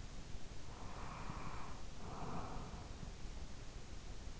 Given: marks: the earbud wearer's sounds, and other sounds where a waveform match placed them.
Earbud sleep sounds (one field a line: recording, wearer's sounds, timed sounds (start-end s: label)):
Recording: sounds in sleep by an in-ear microphone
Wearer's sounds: breath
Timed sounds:
0.42-3.51 s: breath